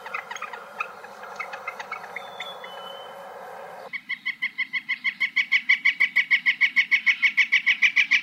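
Northern flicker's fast, steady series of repeated calls, growing stronger, after several seconds of mixed noisy sounds at the start.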